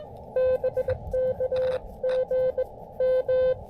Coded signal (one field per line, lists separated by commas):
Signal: Morse code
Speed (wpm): 18 wpm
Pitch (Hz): 510 Hz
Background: none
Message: BKG M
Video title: Fort Macon State Park: High band, low-impact QRP POTA Activation!